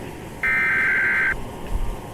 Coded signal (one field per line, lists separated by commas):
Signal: Emergency Alert System (SAME) tones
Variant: header bursts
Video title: EAS Scenario | Project Chronos: Part 1 and Part 2 (REACTION)